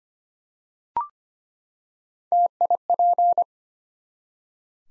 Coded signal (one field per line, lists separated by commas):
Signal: Morse code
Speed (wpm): 25 wpm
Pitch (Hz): 700 Hz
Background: none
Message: TIP